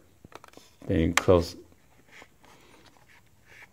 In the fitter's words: If you don't need to use it, then just close it until you hear a click, then